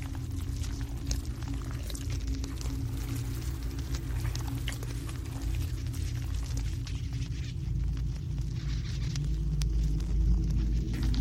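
Alien hive ambience: a heavy, steady low drone with a few humming tones layered inside it runs the whole time. Over it, scattered wet crackles and clicks pop irregularly, like bubbling or sizzling, and the rumble swells a little near the end.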